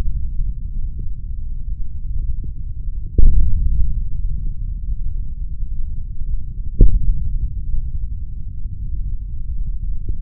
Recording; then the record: forearm muscle sounds (acoustic myography)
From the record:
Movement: hand opening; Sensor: system 3, bracelet of six PUI Audio POM-2738L microphones around the upper forearm, with dedicated amplification and filtering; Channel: 1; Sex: male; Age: 26 years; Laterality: right